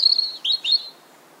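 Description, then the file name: European robin song, a high thin whistled note followed by quick liquid warbled notes, brief and clear. "Erithacus rubecula"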